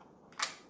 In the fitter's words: See, watch this. Snaps right in, just